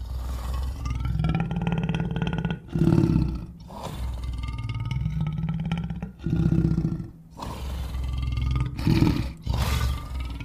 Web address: lions